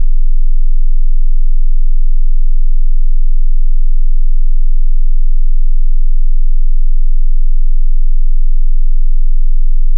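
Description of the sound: A steady, deep rumbling noise with no clear tone runs throughout, flecked with faint clicks and crackles. It is a simulated noise-type tinnitus sound, used to determine the kind of tinnitus a person hears.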